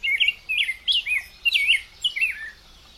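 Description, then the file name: Rose-breasted grosbeak song of clear, liquid whistled notes that rise and fall in a leisurely warbling phrase. "canto do bico grosso de peito rosa"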